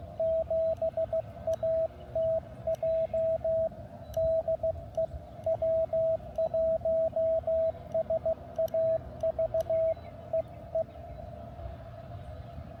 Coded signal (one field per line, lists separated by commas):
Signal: Morse code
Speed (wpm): 16 wpm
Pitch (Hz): 660 Hz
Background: radio noise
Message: 7ATJ DE W1SAV EE